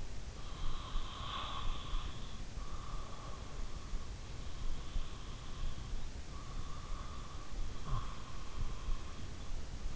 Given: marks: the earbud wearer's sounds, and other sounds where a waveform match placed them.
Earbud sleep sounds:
sounds in sleep by an in-ear microphone; breath
0.00-2.51 s: breath

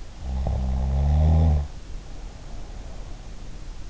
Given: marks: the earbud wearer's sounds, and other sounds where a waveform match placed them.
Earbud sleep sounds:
sounds in sleep by an in-ear microphone; snoring breath
0.00-3.05 s: snoring breath

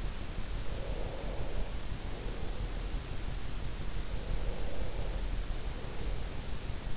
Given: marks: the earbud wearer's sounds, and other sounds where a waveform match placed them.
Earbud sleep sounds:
sounds in sleep by an in-ear microphone; breath
0.50-2.80 s: breath
3.94-6.43 s: breath

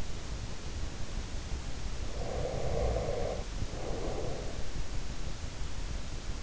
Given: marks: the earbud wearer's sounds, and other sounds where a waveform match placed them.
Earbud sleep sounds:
sounds in sleep by an in-ear microphone; breath
1.96-5.23 s: breath

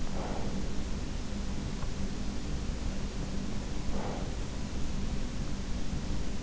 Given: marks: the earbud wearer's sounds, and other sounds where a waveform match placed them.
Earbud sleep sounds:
sounds in sleep by an in-ear microphone; breath
0.09-0.80 s: breath
3.51-4.64 s: breath

